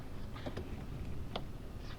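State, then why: Not seated. A plastic electrical wiring connector is handled near its mating socket in the front trunk of a Tesla Model X while it is being reconnected during an Ohmmu 12V battery swap. Against a low background hum, two short plastic ticks sound at about 0.6 and 1.4 seconds, the second louder and sharper. The connector has not yet seated or clicked into place.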